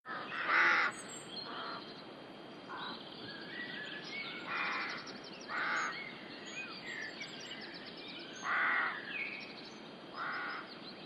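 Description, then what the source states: Rooks giving separate harsh caws at uneven intervals, one loud caw near the start, over a steady background hiss and faint high chirps. Rook colony (rookery) in the UK.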